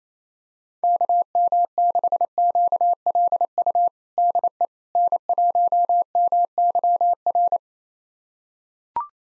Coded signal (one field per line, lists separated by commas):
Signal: Morse code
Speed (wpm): 28 wpm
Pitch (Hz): 700 Hz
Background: none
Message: KM6QLU DE N1MYR